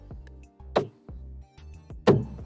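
After a new LED bulb is fitted in an FK8 Civic Type R, the plastic interior dome light lens cover is pushed back into the roof headliner housing, starting from the bottom, while music plays underneath. Two sharp pops are heard at 0.8 s and 2.1 s as the cover snaps into place, and it ends up seated and secure.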